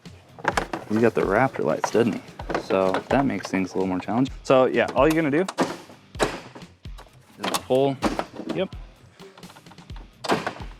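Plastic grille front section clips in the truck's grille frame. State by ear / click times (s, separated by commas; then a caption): released / 9.9 s, 10.5 s. Someone talks while the front section of a plastic truck grille, fitted with Raptor lights, is pulled off by hand from the truck's grille frame. Its retaining clips release with two clicks at 9.9 s and 10.5 s, and the grille section comes free.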